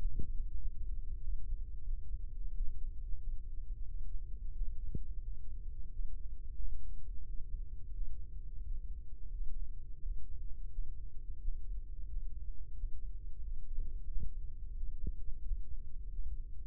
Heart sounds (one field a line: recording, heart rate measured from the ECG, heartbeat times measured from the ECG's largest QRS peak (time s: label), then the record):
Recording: heart sounds by microphone in the right ear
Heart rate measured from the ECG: 89 bpm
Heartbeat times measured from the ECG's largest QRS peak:
0.55 s: heartbeat
1.18 s: heartbeat
1.83 s: heartbeat
2.50 s: heartbeat
3.17 s: heartbeat
3.84 s: heartbeat
4.51 s: heartbeat
5.21 s: heartbeat
5.88 s: heartbeat
6.56 s: heartbeat
7.23 s: heartbeat
7.91 s: heartbeat
8.60 s: heartbeat
9.30 s: heartbeat
9.99 s: heartbeat
10.68 s: heartbeat
11.37 s: heartbeat
12.06 s: heartbeat
12.73 s: heartbeat
13.39 s: heartbeat
14.05 s: heartbeat
14.73 s: heartbeat
15.41 s: heartbeat
16.08 s: heartbeat
From the record:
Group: healthy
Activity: Valsalva maneuver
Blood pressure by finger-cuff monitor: 124/89 mmHg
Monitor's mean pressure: 98 mmHg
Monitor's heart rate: 90 bpm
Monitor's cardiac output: 5.4 L/min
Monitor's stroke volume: 59 mL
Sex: male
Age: 35 years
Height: 178 cm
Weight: 64 kg